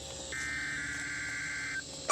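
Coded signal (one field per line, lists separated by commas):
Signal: Emergency Alert System (SAME) tones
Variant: header bursts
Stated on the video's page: Required weekly test received on weather radios in a parked car from NOAA weather radio transmitters.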